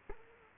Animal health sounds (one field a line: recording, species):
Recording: mosquito wingbeat signal from an infrared sensor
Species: Culex quinquefasciatus